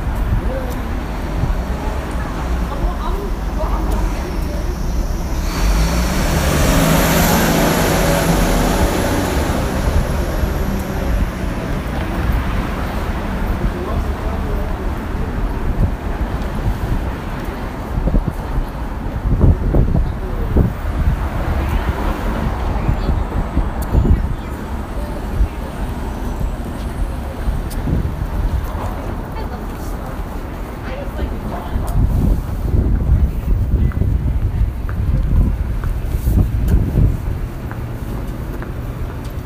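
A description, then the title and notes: Street noise on a city avenue, with a steady low rumble of traffic throughout. Around six to eleven seconds a vehicle swells past with a rising whine, and scattered voices, knocks and low thumps punctuate the rest, some wind buffeting the microphone. 5th Avenue.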